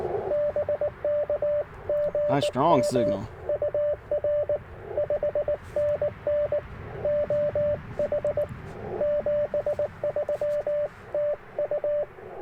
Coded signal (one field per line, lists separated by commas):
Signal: Morse code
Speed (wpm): 20 wpm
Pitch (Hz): 600 Hz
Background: speech, radio noise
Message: BK GM UR 5NN OH 73 TU